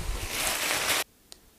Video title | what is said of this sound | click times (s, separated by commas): Test du meilleur laveur de sol 3 en 1, le Bissell CROSSWAVE, à prix casser sur Amazon. | clique c'est que c'est bien dans | 1.3 s